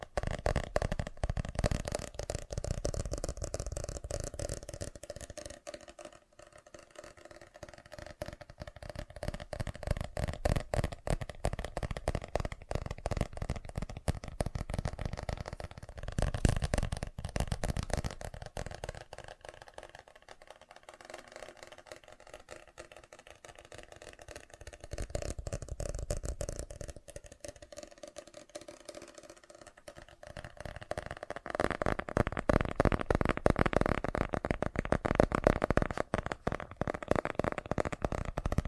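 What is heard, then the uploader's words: Fast tapping in dense, rapid bursts of clicks, louder early on and again near the end, with quieter, sparser stretches in between. FAST TAPPING (No Talking).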